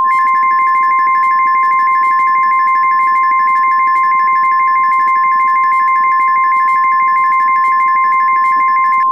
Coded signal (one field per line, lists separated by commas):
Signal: Emergency Alert System (SAME) tones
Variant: 1050 Hz attention tone